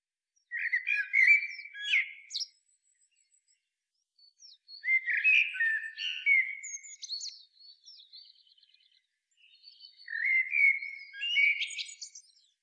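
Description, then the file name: Common blackbird song in three separate phrases, each a low warbled whistle ending in a high scratchy twitter, spaced by pauses of about two seconds. "Turdus merula"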